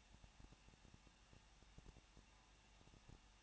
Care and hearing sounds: daily activity, microphone in the room; no activity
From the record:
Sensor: 1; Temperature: 20.1 degrees Celsius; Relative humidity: 39.0%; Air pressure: 1006.6 hPa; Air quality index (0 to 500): 216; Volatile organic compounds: 71 ppm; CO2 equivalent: 3531 ppm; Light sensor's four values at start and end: 1/2/1/1 and 1/2/1/1

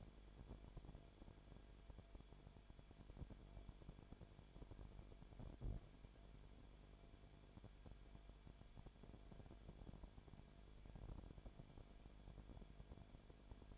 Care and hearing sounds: daily activity, microphone in the room; no activity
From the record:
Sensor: 5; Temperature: 19.8 degrees Celsius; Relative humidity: 33.3%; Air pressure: 1001.4 hPa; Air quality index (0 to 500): 32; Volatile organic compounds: 1 ppm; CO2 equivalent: 526 ppm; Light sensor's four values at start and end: 2/3/1/1 and 2/3/1/1

